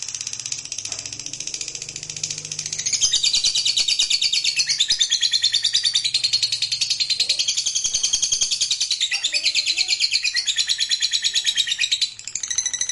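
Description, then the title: Lovebird pouring out a sustained, shrill chattering trill of fast repeated notes, growing louder after about three seconds and running nearly unbroken throughout. Fighter-type lovebird giving a long ngekek (ngekek panjang). "Suara Lovebird FIGHTER NGEKEK PANJANG"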